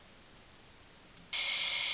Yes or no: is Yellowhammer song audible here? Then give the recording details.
no. Background noise only